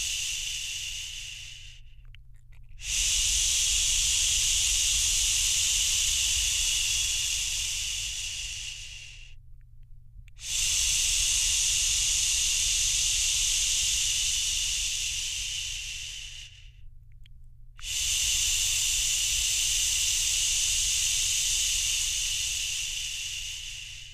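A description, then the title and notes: Soft, bright shushing comes in three long, steady waves, each roughly seven seconds, separated by brief pauses, over a faint low rumble. Shushing for a Restless Baby at Bedtime (Fades Out). You'll hear a mix of natural and calming shushing sounds.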